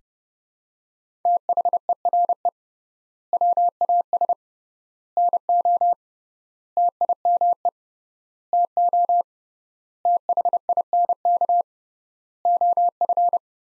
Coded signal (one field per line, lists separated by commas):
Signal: Morse code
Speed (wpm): 30 wpm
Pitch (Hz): 700 Hz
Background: none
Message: THERE WAS NO TIME TO THINK OF